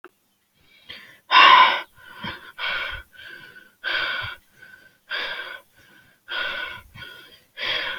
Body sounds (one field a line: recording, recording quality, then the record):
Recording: shallow breathing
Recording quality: moderate, slight background noise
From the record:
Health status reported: healthy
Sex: male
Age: 29 years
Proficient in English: yes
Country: India